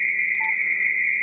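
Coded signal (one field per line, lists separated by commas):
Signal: RTTY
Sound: continuous buzzy warbling tone around 2 kHz, with a brief lower beep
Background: radio static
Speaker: so I want memory that so that's just Oh CQ CQ CQ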